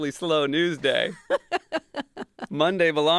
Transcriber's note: laughter